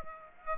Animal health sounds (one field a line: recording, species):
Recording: mosquito wingbeat signal from an infrared sensor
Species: Aedes aegypti